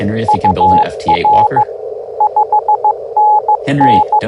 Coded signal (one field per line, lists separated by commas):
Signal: Morse code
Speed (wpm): 15 wpm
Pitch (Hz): 850 Hz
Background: speech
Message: UR 5NN